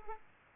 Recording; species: mosquito wingbeat signal from an infrared sensor; Aedes aegypti